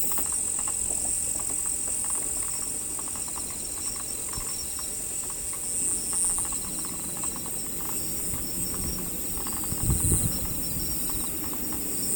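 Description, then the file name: Cricket chorus of high continuous trilling over low rumbling and scattered knocking sounds. "crikets"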